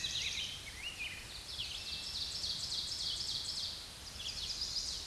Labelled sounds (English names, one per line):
Ovenbird song